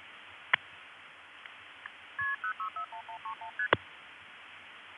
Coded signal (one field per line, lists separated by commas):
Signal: multi-frequency trunk signalling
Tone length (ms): 100 ms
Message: KP061131ST